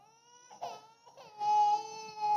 The sound of a baby crying.